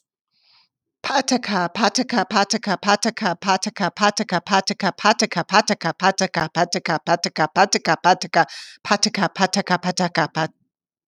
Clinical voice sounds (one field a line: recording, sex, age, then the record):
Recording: repeated syllables /pa ta ka/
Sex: female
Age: 50 to 59 years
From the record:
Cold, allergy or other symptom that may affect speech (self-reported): no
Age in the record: 58 years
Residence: Ohio, United States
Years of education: 14